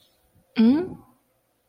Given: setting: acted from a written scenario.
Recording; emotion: vocal sound without words; confusion